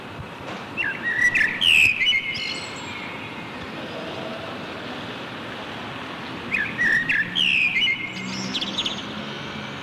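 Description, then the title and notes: Common blackbird song: two separate phrases, each a low fluted warble sliding into a thin, high twittering flourish, with several quiet seconds between them over steady background hum. Backyard in Berlin, June 2003; recorded as a reply to a blackbird recording from Bonn's old town. "Amsel im Hinterhof, Berlin, Juni 2003. sent by maik johannsen"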